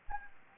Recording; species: mosquito wingbeat signal from an infrared sensor; Anopheles gambiae